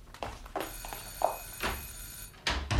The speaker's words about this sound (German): Ihr Telefon? Das höre ich auch, ich bin ja nicht taub.